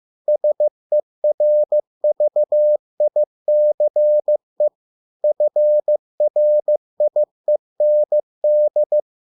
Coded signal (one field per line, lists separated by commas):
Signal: Morse code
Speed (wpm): 15 wpm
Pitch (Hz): 600 Hz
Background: none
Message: SERVICE FRIEND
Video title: 100 words 15 WPM (Morse code practice)